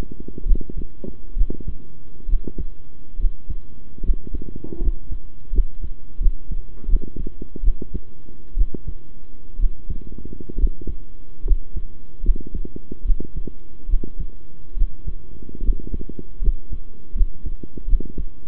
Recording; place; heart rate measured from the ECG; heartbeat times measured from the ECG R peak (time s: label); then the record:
heart sounds by stethoscope; between the tricuspid and mitral areas; 72 bpm
0.45 s: heartbeat
1.36 s: heartbeat
2.28 s: heartbeat
3.18 s: heartbeat
4.03 s: heartbeat
4.80 s: heartbeat
5.52 s: heartbeat
6.20 s: heartbeat
6.87 s: heartbeat
7.62 s: heartbeat
8.56 s: heartbeat
9.58 s: heartbeat
10.57 s: heartbeat
11.44 s: heartbeat
12.23 s: heartbeat
13.04 s: heartbeat
13.88 s: heartbeat
14.76 s: heartbeat
15.62 s: heartbeat
16.41 s: heartbeat
17.14 s: heartbeat
17.87 s: heartbeat
From the record:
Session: rest, sitting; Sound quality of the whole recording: good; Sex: male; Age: 23 years